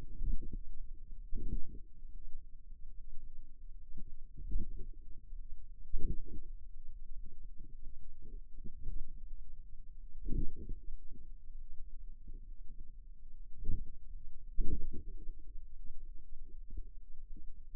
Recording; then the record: forearm muscle sounds (acoustic myography)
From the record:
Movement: finger pinch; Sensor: system 2, bracelet of six BSWA MPA416 microphones around the upper forearm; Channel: 3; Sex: female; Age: 23 years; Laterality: right